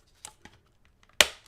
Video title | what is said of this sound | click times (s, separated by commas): Sonic 4 Toy Review - SEGA News Bits Live | kind of pops into place I don't know | 1.2 s